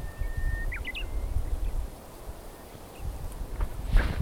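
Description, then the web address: Japanese bush warbler song: a held whistled note that ends in a fast flourish of short notes, with low rumble and a brief rustle near the end. "sangamaki uguisu kiji 200309"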